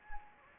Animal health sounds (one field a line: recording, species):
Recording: mosquito wingbeat signal from an infrared sensor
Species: Anopheles gambiae